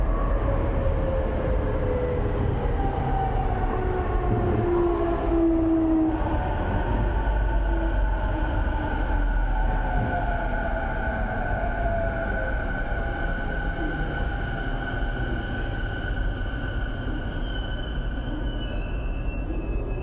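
A train ride in Tokyo, heard from inside the carriage: a steady, dense low rumble fills all twenty seconds at an even level. Drawn-out whining tones glide slowly downward through the first half, then settle into steadier pitches as the train runs on.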